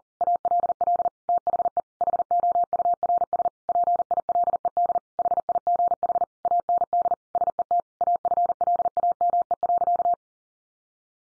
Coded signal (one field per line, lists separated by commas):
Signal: Morse code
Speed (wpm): 40 wpm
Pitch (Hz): 700 Hz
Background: none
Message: ALL THE HOURS PILED HIGH AND SET AFLAME.